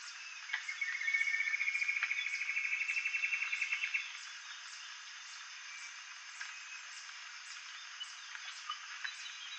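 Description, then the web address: Common paradise kingfisher call: a rapid run of sharp notes that rises in pitch over about three seconds, then stops, against a steady high insect hum and scattered clicks. Recorded in Indonesia. "ULM-DS-Lab indonesian-bird-sounds. Tanysiptera galatea"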